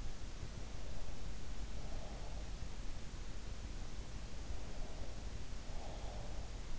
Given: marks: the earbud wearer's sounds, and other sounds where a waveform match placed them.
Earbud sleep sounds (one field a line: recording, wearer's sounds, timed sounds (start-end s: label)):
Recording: sounds in sleep by an in-ear microphone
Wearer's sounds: breath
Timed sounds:
0.42-2.47 s: breath
4.39-6.79 s: breath